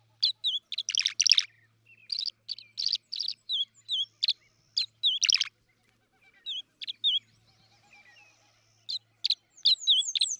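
Tree swallow chattering in bright, gurgling chirps and short twitters, clustered in dense runs with brief pauses between them.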